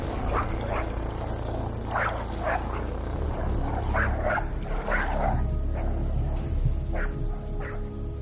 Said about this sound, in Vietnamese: Vừa bước vào nhà sàn, con chó bị nhốt trong lồng ở gần đó cứ sủa nhặn lên rồi giằng xích như muốn xổng ra ngoài vậy.